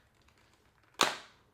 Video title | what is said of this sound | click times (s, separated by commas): ALMOST PERFECT!! - Benks Armor Pro for iPhone 16 Pro Max | very nice solid click onto there | 1.0 s